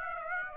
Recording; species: mosquito wingbeat signal from an infrared sensor; Aedes aegypti